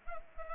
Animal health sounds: mosquito wingbeat signal from an infrared sensor; Culex pipiens

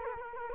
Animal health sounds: mosquito wingbeat signal from an infrared sensor; Culex quinquefasciatus

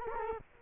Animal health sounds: mosquito wingbeat signal from an infrared sensor; Culex quinquefasciatus

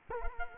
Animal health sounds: mosquito wingbeat signal from an infrared sensor; Culex quinquefasciatus

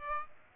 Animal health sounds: mosquito wingbeat signal from an infrared sensor; Aedes aegypti

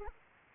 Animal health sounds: mosquito wingbeat signal from an infrared sensor; Anopheles arabiensis

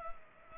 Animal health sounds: mosquito wingbeat signal from an infrared sensor; Culex pipiens

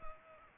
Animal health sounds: mosquito wingbeat signal from an infrared sensor; Culex pipiens

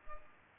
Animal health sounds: mosquito wingbeat signal from an infrared sensor; Culex pipiens

